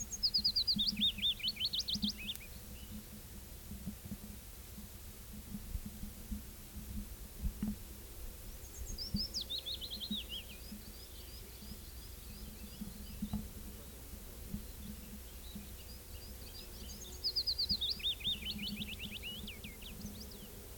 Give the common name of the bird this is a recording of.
Willow Warbler